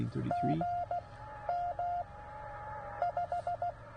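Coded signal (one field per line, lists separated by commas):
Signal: Morse code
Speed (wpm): 15 wpm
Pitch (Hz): 690 Hz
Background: none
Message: GM 5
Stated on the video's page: CW Parks on the Air activation, transmitted on a Penntek TR45L radio powered by a 12 V battery.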